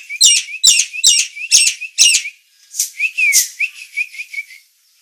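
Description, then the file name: Nias hill myna song: five harsh, crackling notes fired in quick succession, each with a whistled tail, then a harsh squawk with a falling whistle and a string of short clear whistles. Persistent, full-voiced singing described as 'gacor' and noisy. "Kicau Jalak Nias Gacor Suara Berisik"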